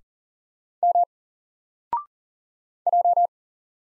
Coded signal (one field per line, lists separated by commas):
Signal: Morse code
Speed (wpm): 40 wpm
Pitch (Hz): 700 Hz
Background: none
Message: M J